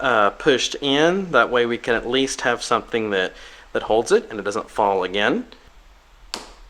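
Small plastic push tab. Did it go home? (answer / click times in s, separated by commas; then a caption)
yes / 6.3 s. Someone talks while the front door's outer weather stripping tab on an LS430 is pushed into its hole in the door frame, so it holds the seal and keeps it from falling again. After the talking stops, a short sharp click is heard at 6.3 s as the tab seats in place.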